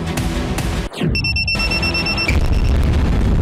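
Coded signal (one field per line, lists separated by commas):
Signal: none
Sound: news music sound effects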